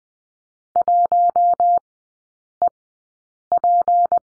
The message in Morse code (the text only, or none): 1EP